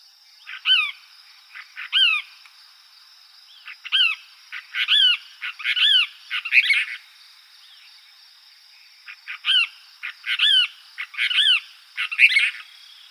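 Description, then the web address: Cassin's kingbird giving harsh, burry chattering calls, each a quick bent note, in uneven bursts with a pause midway, over a thin steady electronic whine. Arizona, 13 July 2006. "Flycatchers AZFO CAKI. deviche"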